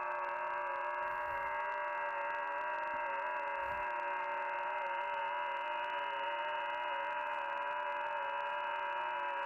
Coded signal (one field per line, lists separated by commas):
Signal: FT8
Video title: Scanning the airwaves with the SDR